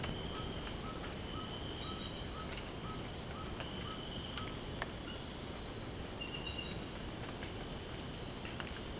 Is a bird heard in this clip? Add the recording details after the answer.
yes. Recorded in secondary vegetation near Puerto Asís, Putumayo, Colombia, on 24 March 2025 at 04:30. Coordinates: 0.488, -76.319. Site G095